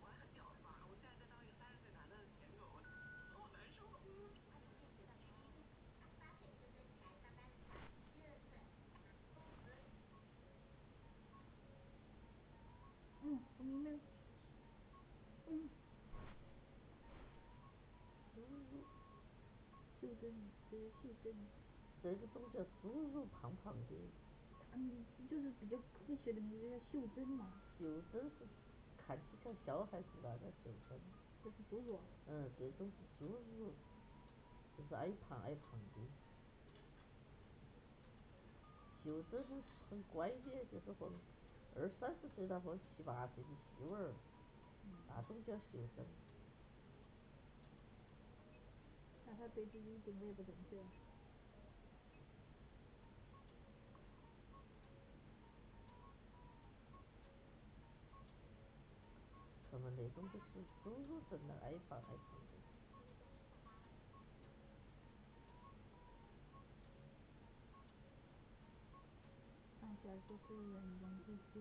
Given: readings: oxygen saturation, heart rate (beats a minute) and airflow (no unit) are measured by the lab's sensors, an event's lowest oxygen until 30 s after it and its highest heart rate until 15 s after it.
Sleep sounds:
a person awake in a sleep study, by a voice recorder at the bedside; none
0.00-71.61 s: awake
0.00-71.61 s: awake
From the record:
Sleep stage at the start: awake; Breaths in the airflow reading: 24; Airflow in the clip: -0.7 to 0.7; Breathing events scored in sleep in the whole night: 496 in 5.4 hours asleep

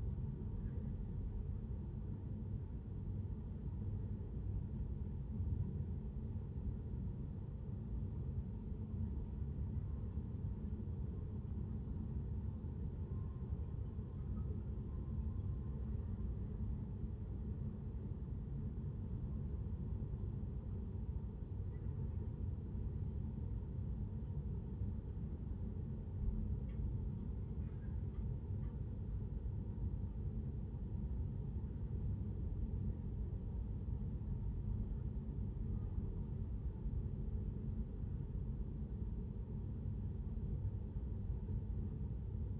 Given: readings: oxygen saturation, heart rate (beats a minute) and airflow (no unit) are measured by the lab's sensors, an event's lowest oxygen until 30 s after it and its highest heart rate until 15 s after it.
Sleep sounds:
a person awake in a sleep study, by a smartphone at the bedside; none
0.00-42.60 s: awake
From the record:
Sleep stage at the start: awake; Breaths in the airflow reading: 20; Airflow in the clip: -0.7 to 0.6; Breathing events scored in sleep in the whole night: 131 in 7.2 hours asleep

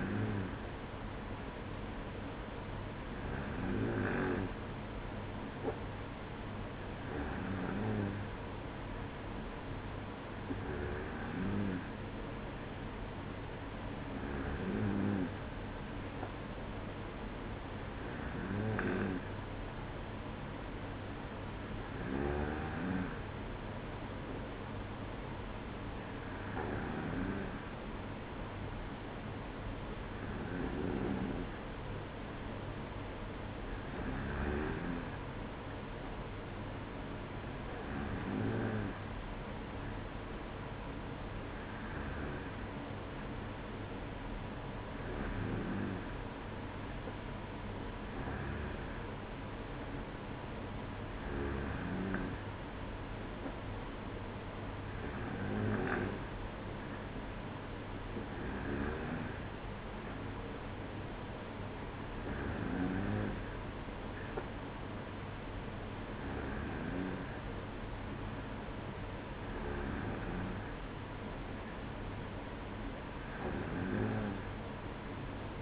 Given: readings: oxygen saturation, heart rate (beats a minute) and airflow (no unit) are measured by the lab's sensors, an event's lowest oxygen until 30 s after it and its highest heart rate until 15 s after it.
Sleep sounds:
breathing in sleep by a voice recorder at the bedside; none
none scored
From the record:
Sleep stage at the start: N2 (light sleep); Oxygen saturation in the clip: 94%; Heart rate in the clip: 55 to 58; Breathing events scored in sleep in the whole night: 305 in 9.6 hours asleep

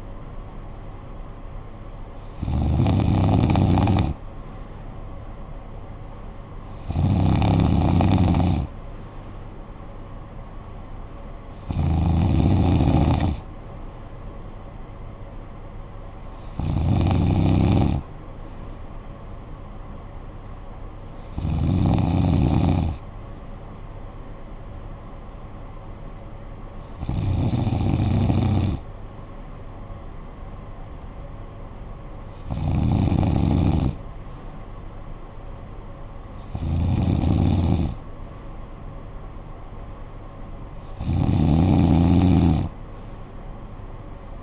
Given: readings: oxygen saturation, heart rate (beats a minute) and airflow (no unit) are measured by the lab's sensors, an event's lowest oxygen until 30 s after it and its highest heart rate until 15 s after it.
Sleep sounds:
breathing in sleep by a smartphone at the bedside; none
none scored
From the record:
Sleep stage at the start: N2 (light sleep); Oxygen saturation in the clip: 94 to 95%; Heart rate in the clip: 49 to 64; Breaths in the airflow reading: 9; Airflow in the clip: -9.5 to 6.6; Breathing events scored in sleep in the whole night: 445 in 7.6 hours asleep

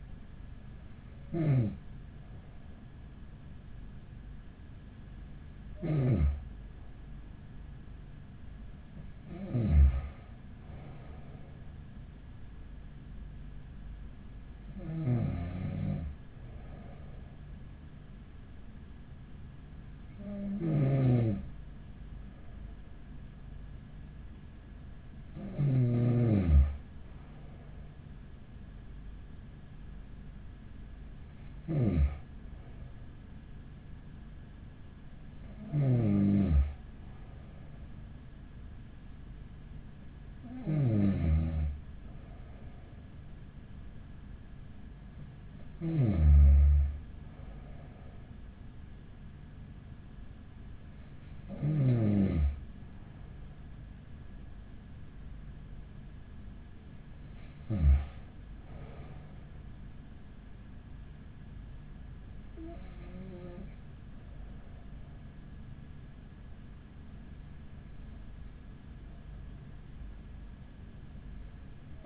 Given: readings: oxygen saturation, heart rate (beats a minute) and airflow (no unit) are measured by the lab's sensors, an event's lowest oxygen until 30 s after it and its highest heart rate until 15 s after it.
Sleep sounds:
breathing in sleep by a smartphone at the bedside; none
none scored
From the record:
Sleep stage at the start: N2 (light sleep); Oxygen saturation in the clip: 94 to 95%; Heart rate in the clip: 41 to 46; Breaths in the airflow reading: 14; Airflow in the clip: -7.5 to 12.3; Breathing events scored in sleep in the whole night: 207 in 7.6 hours asleep

